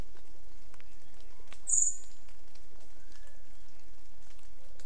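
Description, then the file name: Eurasian blackbird giving a single thin, very high, slightly descending call note, with faint birdsong and steady background noise. "Turdus merula"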